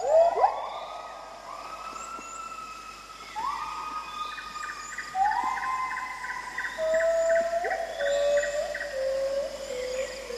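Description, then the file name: Bird calls: long whistled notes that slur upward and then hold steady, several birds overlapping, with a faint rapid pulsing note midway. "pajaros"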